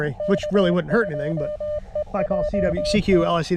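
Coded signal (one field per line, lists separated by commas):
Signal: Morse code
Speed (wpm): 21 wpm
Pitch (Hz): 600 Hz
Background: speech, radio noise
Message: K2EJT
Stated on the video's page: Morse from a slow CW POTA activation at K-2099 by a lake, using a KX2 and Gabil antenna, in difficult solar conditions.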